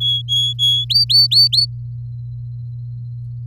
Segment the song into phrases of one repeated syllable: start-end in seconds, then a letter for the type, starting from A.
0.00-0.85 A, 0.90-1.66 B